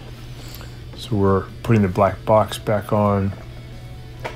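Someone talks while a black plastic cover box is being put back over a dishwasher door controller after its connectors are refitted, to restore power to a dishwasher that won't start. The cover is meant to clip on with three tabs, but nothing has seated or clicked yet; it is still being handled when the clip ends.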